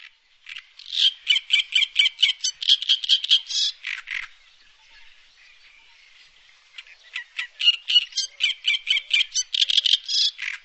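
Bird chatter: rapid bursts of dry, clicking notes in two long runs, separated by a quieter pause of about three seconds.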